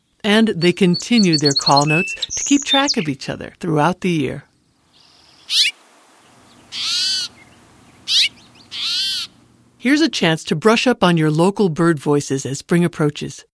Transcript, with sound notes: And, they continue their call notes to keep track of each other throughout the year. [Repeat House Finch and Song Sparrow call notes] Here is a chance to brush up on your local bird voices as spring approaches.